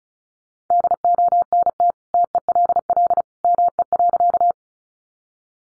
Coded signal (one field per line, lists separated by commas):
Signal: Morse code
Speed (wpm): 34 wpm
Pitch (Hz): 700 Hz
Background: none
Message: DONT TELL ME.